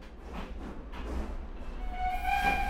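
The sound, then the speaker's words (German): A train at the Anhalter Bahnhof railway station rumbles steadily with a few rhythmic bursts of noise, then a high, sustained metallic squeal rises near the end and grows louder. “Durchnässt, frierend und übermüdet entschließt er sich, den Wartesaal 4. Klasse des Anhalter Bahnhofs aufzusuchen.”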